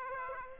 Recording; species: mosquito wingbeat signal from an infrared sensor; Aedes aegypti